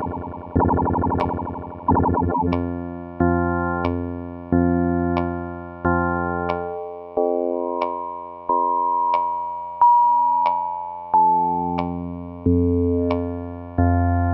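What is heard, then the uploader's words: Electronic drone tones pulse in repeating swells about every 1.3 seconds, low and buzzy, with a fluttering start and a brief rising whistle midway. Vactrol Drone Tones.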